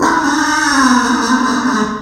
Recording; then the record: squeal of a Yucatan mini pig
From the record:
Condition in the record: after surgery on the right vocal fold (resection and tissue-engineered implant); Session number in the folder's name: 7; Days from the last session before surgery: 47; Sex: female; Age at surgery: 19 weeks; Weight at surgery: 25 kg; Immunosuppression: prednisolone